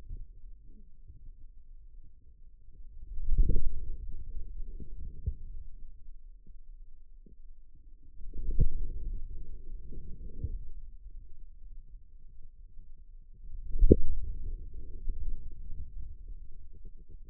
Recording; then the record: forearm muscle sounds (acoustic myography)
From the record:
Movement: inward rotation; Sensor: system 2, bracelet of six BSWA MPA416 microphones around the upper forearm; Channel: 3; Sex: male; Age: 22 years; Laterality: right